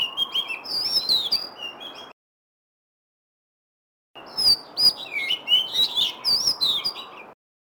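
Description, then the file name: Magpie-robin song: two bursts of rich, varied whistled and buzzy phrases, high and quickly changing, with a steady hiss underneath and a silent gap between them. Black ('lutung') Cebu form. "suara kicauan kacer lutung cebu. omkicau"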